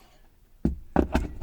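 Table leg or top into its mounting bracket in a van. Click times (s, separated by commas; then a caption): 1.0 s. A leg or top of a Ford Transit Custom campervan table is pushed into its metal mount. After a first knock at 0.7 s, it clicks home at 1.0 s, followed by a couple of softer rattles and knocks. The part is seated firmly in the mount.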